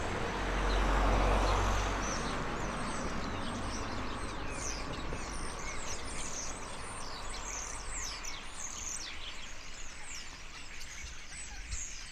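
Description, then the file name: Starlings keep up a busy churring chatter of clicks and squeaks while a passing vehicle rumbles loudly at first, then fades. Several starlings. "etourneaux"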